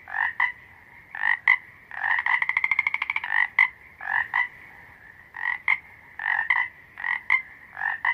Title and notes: Croaking Frogs Sound. steady croaking of a frog chorus